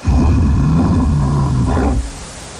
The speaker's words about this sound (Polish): Słyszysz? To stuletnie jodły i buki Karpat. To orzeł. Ryś. A to odgłos niedźwiedzi.